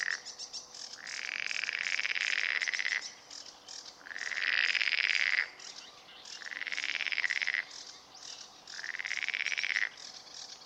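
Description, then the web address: Marsh frog croaking: four long rattling calls, each one to two seconds of rapid pulses, separated by short quieter gaps with faint background chatter. Recorded in Turku, Finland, on 31 May 2009 at 23:11 at night. "hlehto aania sammakko molysammakko turku"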